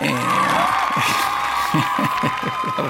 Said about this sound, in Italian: per verificare che l'alpino non faccia sciocchezze tipo applausi che partono così.